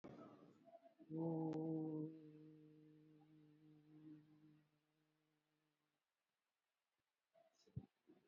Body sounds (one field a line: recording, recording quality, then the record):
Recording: sustained vowel as in boot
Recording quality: moderate, slight background noise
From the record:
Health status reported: COVID-19 positive, mild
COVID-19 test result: positive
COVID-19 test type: RT-PCR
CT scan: not taken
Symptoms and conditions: cough, cold, fever, muscle pain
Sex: male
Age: 62 years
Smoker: no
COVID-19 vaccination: both doses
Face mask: worn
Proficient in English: yes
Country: India